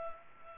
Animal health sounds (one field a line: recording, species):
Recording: mosquito wingbeat signal from an infrared sensor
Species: Culex pipiens